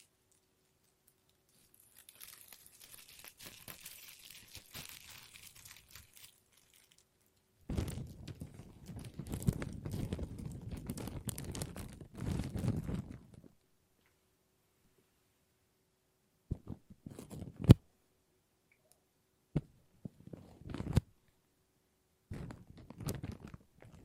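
Plastic crinkles in bursts. A light, bright rustle runs from about two to six seconds, then a dense, heavier crackling stretch follows from about eight to thirteen seconds. The rest brings short, sharp crinkles and snaps at irregular moments, with silence between.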